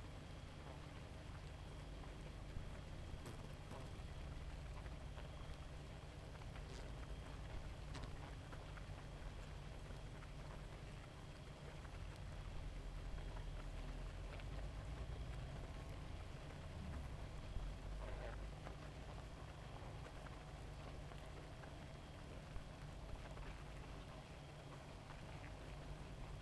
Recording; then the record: honeybee colony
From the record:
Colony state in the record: active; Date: 28 July 2017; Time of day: 0:59